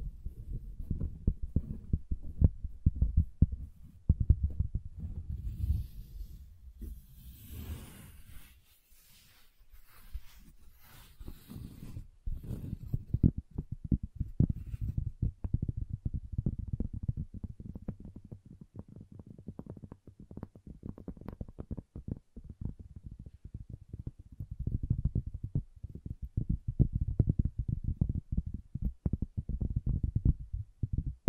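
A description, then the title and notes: Dense, low thumping and knocking on wood runs throughout, with a quieter stretch of brighter scratchy rustling around six to thirteen seconds. ASMR Calming Wood Triggers for Sleep (No Talking).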